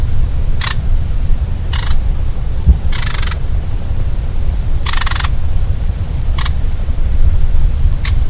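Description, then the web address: Manchurian bush warbler giving short, harsh, raspy call notes at irregular intervals, about six in all, over a steady low rumble. Calls recorded at Xitou, Guangdong, China, on 14 January 2012. "Manchurian Bush Warbler Call 120114 China Guangdong Xitou. bouscarle de manchourie cettia canturians"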